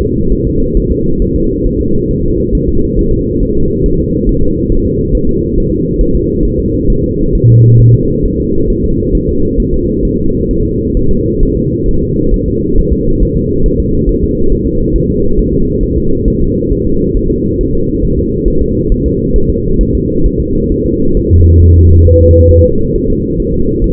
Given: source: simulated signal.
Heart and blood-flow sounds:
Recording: fetal heart sounds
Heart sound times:
0.01 s: S2
0.32 s: S1
0.47 s: S2
0.77 s: S1
0.92 s: S2
1.22 s: S1
1.36 s: S2
1.67 s: S1
1.81 s: S2
2.11 s: S1
2.25 s: S2
2.55 s: S1
2.69 s: S2
2.99 s: S1
3.13 s: S2
3.43 s: S1
3.57 s: S2
3.86 s: S1
4.00 s: S2
4.29 s: S1
4.43 s: S2
4.72 s: S1
4.86 s: S2
5.15 s: S1
5.29 s: S2
5.58 s: S1
5.72 s: S2
6.01 s: S1
6.15 s: S2
6.45 s: S1
6.59 s: S2
6.90 s: S1
7.04 s: S2
7.35 s: S1
7.49 s: S2
7.81 s: S1
7.95 s: S2
8.25 s: S1
8.40 s: S2
8.70 s: S1
8.84 s: S2
9.15 s: S1
9.29 s: S2
9.60 s: S1
9.74 s: S2
10.05 s: S1
10.19 s: S2
10.51 s: S1
10.65 s: S2
10.97 s: S1
11.11 s: S2
11.43 s: S1
11.57 s: S2
11.88 s: S1
12.03 s: S2
12.34 s: S1
12.48 s: S2
12.78 s: S1
12.93 s: S2
13.22 s: S1
13.37 s: S2
13.66 s: S1
13.80 s: S2
14.09 s: S1
14.23 s: S2
14.52 s: S1
14.67 s: S2
14.96 s: S1
15.10 s: S2
15.39 s: S1
15.53 s: S2
15.83 s: S1
15.98 s: S2
16.28 s: S1
16.42 s: S2
16.73 s: S1
16.87 s: S2
17.17 s: S1
17.31 s: S2
17.61 s: S1
17.75 s: S2
18.05 s: S1
18.19 s: S2
18.48 s: S1
18.62 s: S2
18.92 s: S1
19.06 s: S2
19.36 s: S1
19.50 s: S2
19.81 s: S1
19.95 s: S2
20.26 s: S1
20.40 s: S2
20.72 s: S1
20.86 s: S2
21.17 s: S1
21.31 s: S2
21.62 s: S1
21.76 s: S2
22.07 s: S1
22.21 s: S2
22.51 s: S1
22.65 s: S2
22.95 s: S1
23.10 s: S2
23.40 s: S1
23.54 s: S2
23.84 s: S1
From the record:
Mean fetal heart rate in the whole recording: 135 bpm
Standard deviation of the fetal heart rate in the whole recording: 3 bpm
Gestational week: 36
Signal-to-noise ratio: -16.4 dB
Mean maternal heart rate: 72 bpm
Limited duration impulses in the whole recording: present

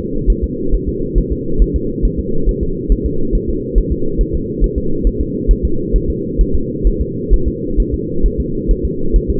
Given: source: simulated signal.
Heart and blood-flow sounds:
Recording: fetal heart sounds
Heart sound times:
0.30 s: S1
0.44 s: S2
0.75 s: S1
0.89 s: S2
1.18 s: S1
1.32 s: S2
1.62 s: S1
1.76 s: S2
2.05 s: S1
2.19 s: S2
2.49 s: S1
2.63 s: S2
2.92 s: S1
3.06 s: S2
3.35 s: S1
3.50 s: S2
3.78 s: S1
3.92 s: S2
4.21 s: S1
4.35 s: S2
4.64 s: S1
4.78 s: S2
5.07 s: S1
5.21 s: S2
5.51 s: S1
5.65 s: S2
5.96 s: S1
6.10 s: S2
6.41 s: S1
6.55 s: S2
6.87 s: S1
7.01 s: S2
7.34 s: S1
7.48 s: S2
7.80 s: S1
7.94 s: S2
8.26 s: S1
8.40 s: S2
8.71 s: S1
8.85 s: S2
9.16 s: S1
9.30 s: S2
From the record:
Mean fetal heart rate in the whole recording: 135 bpm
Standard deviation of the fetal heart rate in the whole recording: 3 bpm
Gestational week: 36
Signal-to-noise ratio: -8.1 dB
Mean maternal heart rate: 72 bpm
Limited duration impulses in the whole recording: absent

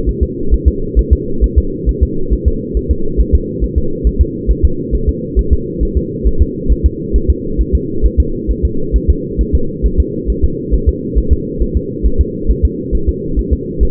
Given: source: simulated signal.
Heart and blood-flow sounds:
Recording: fetal heart sounds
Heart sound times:
0.09 s: S1
0.23 s: S2
0.54 s: S1
0.68 s: S2
0.99 s: S1
1.13 s: S2
1.44 s: S1
1.58 s: S2
1.89 s: S1
2.03 s: S2
2.33 s: S1
2.48 s: S2
2.77 s: S1
2.91 s: S2
3.20 s: S1
3.35 s: S2
3.64 s: S1
3.78 s: S2
4.07 s: S1
4.21 s: S2
4.51 s: S1
4.65 s: S2
4.95 s: S1
5.09 s: S2
5.39 s: S1
5.53 s: S2
5.83 s: S1
5.97 s: S2
6.27 s: S1
6.42 s: S2
6.72 s: S1
6.86 s: S2
7.16 s: S1
7.30 s: S2
7.61 s: S1
7.75 s: S2
8.06 s: S1
8.20 s: S2
8.51 s: S1
8.65 s: S2
8.96 s: S1
9.10 s: S2
9.41 s: S1
9.55 s: S2
9.86 s: S1
10.00 s: S2
10.30 s: S1
10.44 s: S2
10.74 s: S1
10.89 s: S2
11.18 s: S1
11.33 s: S2
11.62 s: S1
11.77 s: S2
12.06 s: S1
12.21 s: S2
12.50 s: S1
12.65 s: S2
12.95 s: S1
13.09 s: S2
13.39 s: S1
13.53 s: S2
13.83 s: S1
From the record:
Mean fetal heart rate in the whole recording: 135 bpm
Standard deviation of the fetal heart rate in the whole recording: 3 bpm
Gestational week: 34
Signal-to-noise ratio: -8.1 dB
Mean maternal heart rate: 72 bpm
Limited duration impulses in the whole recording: absent

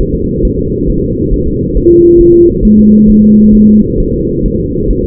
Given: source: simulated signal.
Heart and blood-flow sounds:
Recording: fetal heart sounds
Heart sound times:
0.00 s: S1
0.15 s: S2
0.45 s: S1
0.59 s: S2
0.90 s: S1
1.04 s: S2
1.34 s: S1
1.48 s: S2
1.77 s: S1
1.91 s: S2
2.21 s: S1
2.35 s: S2
2.65 s: S1
2.79 s: S2
3.10 s: S1
3.24 s: S2
3.55 s: S1
3.69 s: S2
4.00 s: S1
4.14 s: S2
4.46 s: S1
4.60 s: S2
4.91 s: S1
5.05 s: S2
From the record:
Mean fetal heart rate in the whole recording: 135 bpm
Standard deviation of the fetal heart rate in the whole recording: 3 bpm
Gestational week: 36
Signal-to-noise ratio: -10.2 dB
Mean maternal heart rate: 72 bpm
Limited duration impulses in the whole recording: present

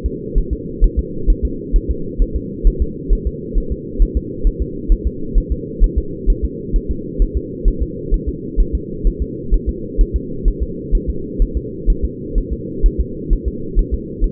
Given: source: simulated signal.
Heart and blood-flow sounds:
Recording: fetal heart sounds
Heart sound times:
0.06 s: S2
0.38 s: S1
0.53 s: S2
0.84 s: S1
0.99 s: S2
1.30 s: S1
1.45 s: S2
1.76 s: S1
1.91 s: S2
2.22 s: S1
2.36 s: S2
2.67 s: S1
2.82 s: S2
3.13 s: S1
3.27 s: S2
3.58 s: S1
3.72 s: S2
4.02 s: S1
4.17 s: S2
4.47 s: S1
4.62 s: S2
4.92 s: S1
5.07 s: S2
5.38 s: S1
5.52 s: S2
5.84 s: S1
5.98 s: S2
6.30 s: S1
6.44 s: S2
6.76 s: S1
6.91 s: S2
7.22 s: S1
7.37 s: S2
7.68 s: S1
7.83 s: S2
8.14 s: S1
8.29 s: S2
8.60 s: S1
8.75 s: S2
9.07 s: S1
9.22 s: S2
9.54 s: S1
9.69 s: S2
10.01 s: S1
10.16 s: S2
10.48 s: S1
10.63 s: S2
10.95 s: S1
11.09 s: S2
11.42 s: S1
11.57 s: S2
11.90 s: S1
12.05 s: S2
12.38 s: S1
12.53 s: S2
12.86 s: S1
13.00 s: S2
13.33 s: S1
13.48 s: S2
13.79 s: S1
13.94 s: S2
14.24 s: S1
From the record:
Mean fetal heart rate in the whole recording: 130 bpm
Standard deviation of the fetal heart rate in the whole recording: 4 bpm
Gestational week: 38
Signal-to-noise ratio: -4.3 dB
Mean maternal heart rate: 72 bpm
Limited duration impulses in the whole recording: absent

